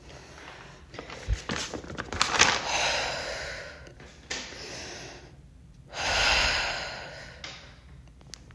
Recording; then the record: deep breathing after running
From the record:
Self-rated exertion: moderate exertion (3 of 6); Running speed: 7 miles an hour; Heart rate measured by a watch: 118 beats a minute at the start, 116 at the end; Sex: female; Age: 23 years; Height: 163 cm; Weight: 70 kg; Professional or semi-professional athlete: no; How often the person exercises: 1 to 2 times a week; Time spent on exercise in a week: 1 to 2 hours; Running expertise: no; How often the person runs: 1 to 2 times a week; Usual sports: running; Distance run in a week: 7 km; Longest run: 7 km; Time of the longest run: 50 minutes